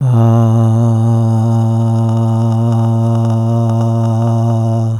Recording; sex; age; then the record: sustained vowel /a/; male; 70 to 79 years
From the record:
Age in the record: 73 years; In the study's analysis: included